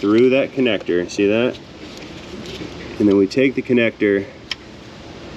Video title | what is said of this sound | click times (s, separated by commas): Toyota 2GR-FE 3.5L Top Engine Teardown Part 2 P0014 P0025 P0012 VVT #repair #automobile | and snap that into place, okay? Well, it doesn't snap because it's broken. | none